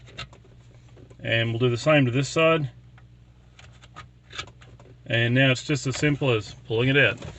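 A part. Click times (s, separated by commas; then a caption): 0.2 s. A flat metal radio removal key, flat side out, is pushed into a slot under an Audi A4 stereo head unit until it clicks and latches into the unit's release catch at 0.2 s. A few faint clicks and scrapes follow while someone talks.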